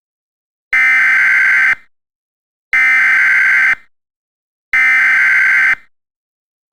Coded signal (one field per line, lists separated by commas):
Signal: Emergency Alert System (SAME) tones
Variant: header bursts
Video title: EAS Scenario: The Great Detroit Tornado Outbreak